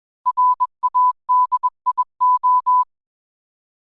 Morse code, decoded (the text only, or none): RADIO